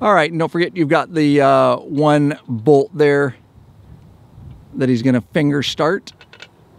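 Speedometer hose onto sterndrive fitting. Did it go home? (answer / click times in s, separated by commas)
yes / 6.3 s, 6.4 s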